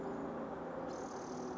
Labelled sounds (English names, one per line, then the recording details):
Spotted Towhee
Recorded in Sonoma County, California